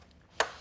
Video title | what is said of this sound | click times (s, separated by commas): The Zeen - This Chair Changes How You Move - Full Review | You can grab that lever in the back, pull it up till you hear it click. | 0.4 s